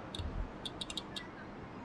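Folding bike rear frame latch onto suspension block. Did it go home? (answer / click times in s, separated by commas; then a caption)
no / none. The rear frame of a 9.8 kg Brompton-clone trifold folding bike is handled as it swings under toward the suspension block, which doubles as the latch, giving short, sharp ticks at about 0.2, 0.7, 0.8, 0.9 and 1.0 seconds over a low background rumble. Nothing has seated or clicked into place yet.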